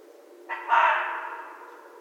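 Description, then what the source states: Red fox giving a single harsh, hoarse bark that starts with a brief clipped note and then swells into a raspy cry, trailing off slowly. Recorded on 14 January 2012.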